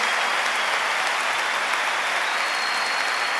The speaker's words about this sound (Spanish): Un aplauso fuerte al Señor Jesús. A viva voz.